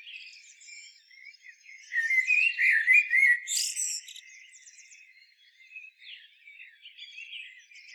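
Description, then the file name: Common blackbird song, one rich warbling phrase of fluty notes ending in a thin high flourish, followed by faint scattered twitters. "Turdus merula"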